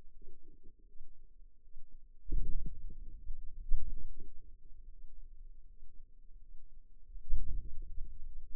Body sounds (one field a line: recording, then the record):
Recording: forearm muscle sounds (acoustic myography)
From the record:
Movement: hand closing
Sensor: system 2, bracelet of six BSWA MPA416 microphones around the upper forearm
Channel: 1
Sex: female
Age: 23 years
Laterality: right